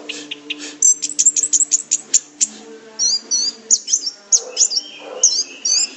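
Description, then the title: Orange-headed thrush song: a rapid run of high ticking notes followed by a series of warbled, twisting whistles over a faint low hum. "Anis Merah"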